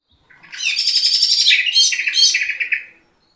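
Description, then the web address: Bird giving a rapid, jumbled twittering warble of high bright notes, running continuously for about two and a half seconds before stopping. "Eyewitness Birds"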